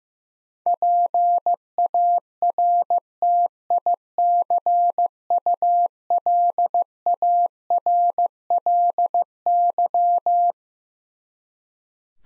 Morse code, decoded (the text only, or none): PARTICULARLY